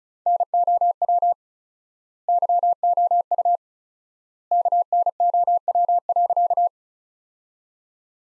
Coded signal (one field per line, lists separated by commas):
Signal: Morse code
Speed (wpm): 36 wpm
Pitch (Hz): 700 Hz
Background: none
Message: NOW YOU KNOW.